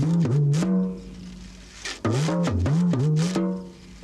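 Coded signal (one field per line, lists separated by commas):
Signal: talking drum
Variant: Yoruba dùndún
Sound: resonant drum strokes whose low pitch bends up and down like speech tones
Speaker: If you don't want your visitor to know, like saying, Loki or Emiwa, go and greet my friend for me. Is what I can say. You just call him. If his name is Tunji, you say Tunji, he will answer you. Then you say,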